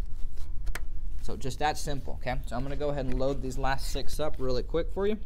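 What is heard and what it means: A second memory module is pushed into a DIMM slot on a Dell PowerEdge 2950 server motherboard, and its plastic tab clicks into place at 0.8 s with a short, sharp snap. The module is fully seated, and someone then talks.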